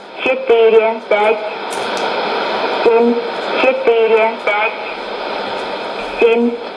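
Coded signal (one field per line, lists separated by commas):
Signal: numbers station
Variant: S06s, Russian language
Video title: 27 06 2018 S06s Russian Lady numbers station in Russian to Eu 0730 on 12110 unknown tx site USB+AM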